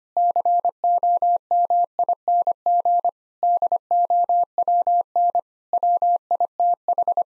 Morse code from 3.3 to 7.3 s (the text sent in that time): DOWN WITH